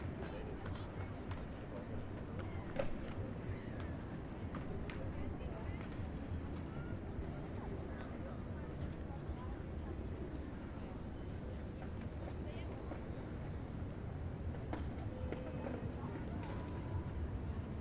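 Busy city square ambience at Alexanderplatz in Berlin: a dense, steady wash of low traffic rumble and crowd murmur with indistinct voices throughout. Scattered clicks, footsteps and clatter pop up at irregular moments, with a brief tonal squeal near the end.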